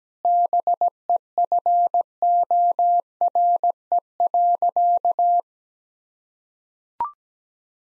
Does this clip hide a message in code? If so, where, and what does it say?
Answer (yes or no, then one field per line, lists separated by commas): yes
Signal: Morse code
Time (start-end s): 0.2-5.4 s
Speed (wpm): 17 wpm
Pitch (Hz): 700 Hz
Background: none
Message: BEFORE.